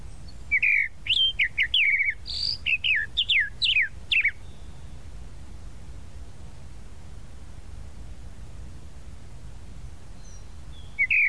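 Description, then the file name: Tropical mockingbird song: a quick run of varied whistled and slurred notes for about four seconds, then a long quiet with another note at the very end. "Canto-do-Sabiá-da-Praia"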